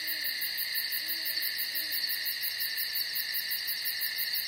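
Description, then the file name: Cricket chirping as a steady, unbroken high trill with a fast pulsing shimmer above it, and a few faint low hooting notes in the background. "Strekotanie sverchka"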